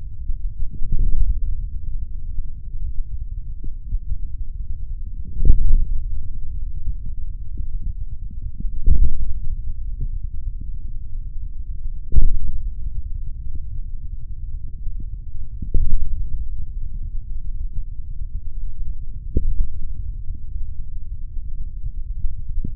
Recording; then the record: forearm muscle sounds (acoustic myography)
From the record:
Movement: hand opening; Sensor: system 3, bracelet of six PUI Audio POM-2738L microphones around the upper forearm, with dedicated amplification and filtering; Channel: 5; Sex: male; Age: 26 years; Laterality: right